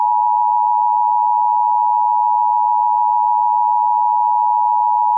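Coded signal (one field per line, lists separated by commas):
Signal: Emergency Alert System (SAME) tones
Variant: 853 and 960 Hz attention tone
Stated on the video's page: Fictional EAS scenario about a nationwide hurricane.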